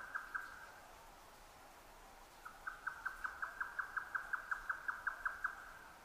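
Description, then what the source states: Grey nightjar with two notes, then a lull, then a long even run of rapid knocking notes. Recorded 12 June 2009 at 22:41.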